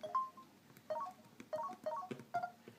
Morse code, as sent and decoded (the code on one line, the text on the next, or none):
none